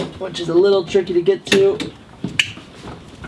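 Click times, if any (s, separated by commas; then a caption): 2.4 s. Someone talks while pushing the white dash wiring harness connector, tucked awkwardly behind the steering column, into its mating steering column harness plug during a 1990–93 NA Miata dashboard swap into a 1994–97 NA Miata. A sharp click sounds at 2.4 s as the connector seats.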